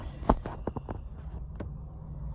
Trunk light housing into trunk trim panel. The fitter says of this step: and then just plug everything back in and just push it back in. So, yeah. Make sure you hear that popping